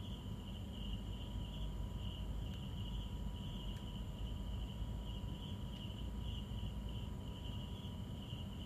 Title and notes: An Bang Beach Sounds of Hoi An Vietnam 2023. Nightime singing hot Insects calling in the night hot, 18.00 hours darkness descends